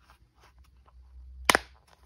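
A plastic safety-eye backing washer is pushed down a plastic eye post behind a crocheted toy head until it locks. After a few faint ticks, a sharp, loud snap sounds at 1.5 s, followed by a quick second tap, and the washer is seated.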